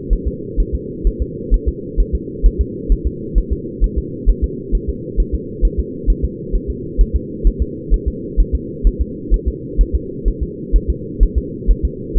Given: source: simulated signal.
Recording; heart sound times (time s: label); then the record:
fetal heart sounds
0.13 s: S1
0.28 s: S2
0.60 s: S1
0.75 s: S2
1.07 s: S1
1.22 s: S2
1.54 s: S1
1.68 s: S2
2.00 s: S1
2.15 s: S2
2.46 s: S1
2.61 s: S2
2.92 s: S1
3.07 s: S2
3.38 s: S1
3.53 s: S2
3.84 s: S1
3.98 s: S2
4.29 s: S1
4.44 s: S2
4.75 s: S1
4.89 s: S2
5.20 s: S1
5.35 s: S2
5.65 s: S1
5.79 s: S2
6.10 s: S1
6.25 s: S2
6.55 s: S1
6.70 s: S2
7.01 s: S1
7.16 s: S2
7.47 s: S1
7.62 s: S2
7.94 s: S1
8.08 s: S2
8.40 s: S1
8.55 s: S2
8.87 s: S1
9.01 s: S2
9.34 s: S1
9.48 s: S2
9.81 s: S1
9.95 s: S2
10.28 s: S1
10.43 s: S2
10.76 s: S1
10.90 s: S2
11.23 s: S1
11.38 s: S2
11.71 s: S1
11.85 s: S2
12.17 s: S1
From the record:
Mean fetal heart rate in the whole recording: 130 bpm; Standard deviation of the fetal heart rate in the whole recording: 2 bpm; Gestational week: 36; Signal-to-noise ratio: -4.1 dB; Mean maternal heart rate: no maternal heart sound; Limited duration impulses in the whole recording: absent